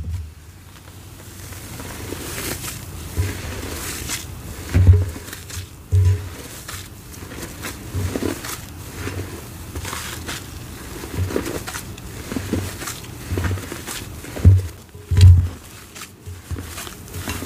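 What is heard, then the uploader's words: Paste is being mixed by hand, with soft, uneven rustling and squishing that comes and goes over a low, steady hum. Dull thumps land around the fifth and sixth seconds and again near fifteen seconds, like a container being knocked or set down. Red Holi + Spray Foam Reforming. Oddly satisfying mixing paste, Holi powder, spray foam and pouring into a tin.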